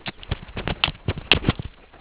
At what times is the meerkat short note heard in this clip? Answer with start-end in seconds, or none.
none